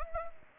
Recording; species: mosquito wingbeat signal from an infrared sensor; Anopheles gambiae